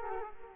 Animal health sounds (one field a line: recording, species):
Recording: mosquito wingbeat signal from an infrared sensor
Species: Culex quinquefasciatus